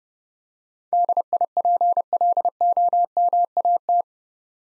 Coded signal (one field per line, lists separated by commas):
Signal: Morse code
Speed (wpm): 30 wpm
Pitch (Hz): 700 Hz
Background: none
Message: DIPLOMAT